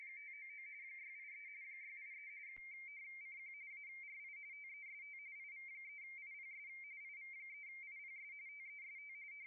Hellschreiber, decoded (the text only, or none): none